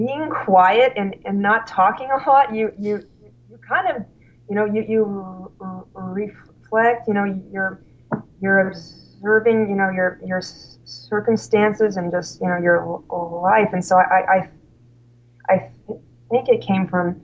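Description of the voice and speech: An adult woman's speech with repeated syllables, stretched sounds and a long block on "I", typical of stuttering, in a speaker with a history of severe stuttering that was present when she started college.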